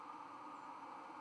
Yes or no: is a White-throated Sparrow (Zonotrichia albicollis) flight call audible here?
no